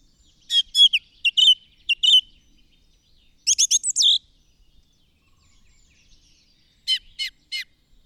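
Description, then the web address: Bird song: bursts of quick chirps and short trills in two clusters, a pause, then three sharp separate notes near the end. "madarak enek"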